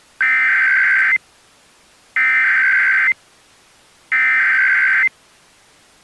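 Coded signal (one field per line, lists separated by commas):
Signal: Emergency Alert System (SAME) tones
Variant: header bursts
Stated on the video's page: Simulated EAS mock Amber Alert with fictional locations and people.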